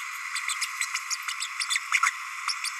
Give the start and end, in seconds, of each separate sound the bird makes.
0.61-0.66, 0.81-0.86, 1.10-1.16, 1.60-1.65, 1.70-1.79, 1.92-1.99, 2.03-2.10